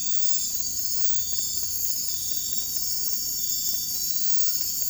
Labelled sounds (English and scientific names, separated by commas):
none